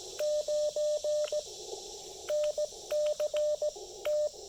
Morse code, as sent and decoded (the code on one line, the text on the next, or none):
----. / -. -.-. / -
9 NC T